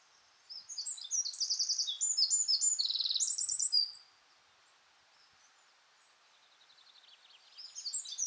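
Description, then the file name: Eurasian wren song, an energetic run of high trills and tumbling notes for about three and a half seconds, followed by quiet and a faint new phrase starting. "Troglodytes troglodytes"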